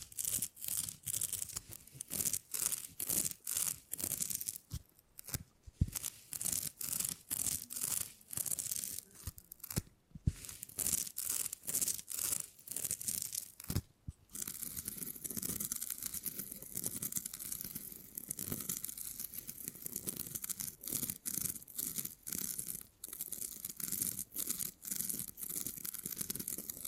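Beeswax being handled, with dense, crackly rubbing and tearing-like scratches that run almost without pause. The sound is bright and textured, broken by short breaks and sharp clicks around 5, 10 and 14 seconds, and a steadier faint hiss underneath in the second half.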